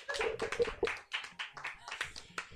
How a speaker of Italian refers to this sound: Cioè, un applauso.